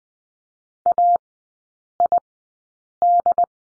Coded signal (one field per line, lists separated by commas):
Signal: Morse code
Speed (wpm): 20 wpm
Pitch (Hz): 700 Hz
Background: none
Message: AID